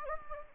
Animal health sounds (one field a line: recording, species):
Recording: mosquito wingbeat signal from an infrared sensor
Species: Anopheles gambiae